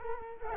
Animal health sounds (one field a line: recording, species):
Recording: mosquito wingbeat signal from an infrared sensor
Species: Culex quinquefasciatus